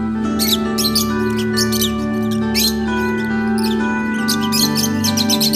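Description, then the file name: Shrill lovebird chirps in short clustered bursts, separated by brief pauses, set against a continuous humming drone. Lovebirds, used for audio therapy. "audio terapi lovebirds"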